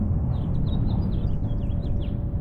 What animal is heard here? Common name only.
House Finch